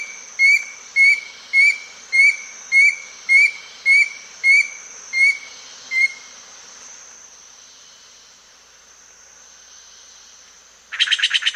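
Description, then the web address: Black-crowned antpitta song: a steady run of about ten clear whistled notes, each slightly rising, roughly two per second, then a pause and a short burst of noise. South America. "Natures Songs S America Black-Crowned Antpitta"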